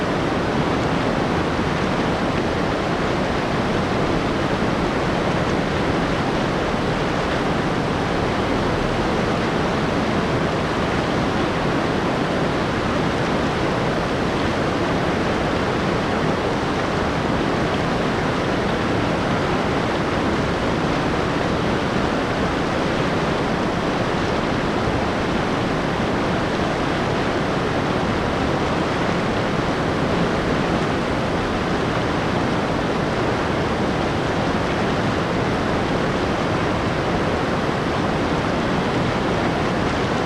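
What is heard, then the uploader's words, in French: A powerful river roars without pause, a dense, steady rush of churning water that fills everything from deep low rumble to bright hiss. The level holds constant across the forty seconds, with no distinct splashes or other sounds breaking through. Sons de la Rivière. Rivière Kawarau en Nouvelle-Zélande. Son puissant et apaisant rugissement ainsi que par son doux écoulement. Cette rivière à l'écoulement rapide crée un cadre serein.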